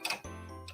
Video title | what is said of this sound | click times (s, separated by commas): SMP VIRTUAL HOOP FEST 2021 - Thursday, JUNE 17th | and clicking it till it snaps into place once it's snapped into place | 0.0 s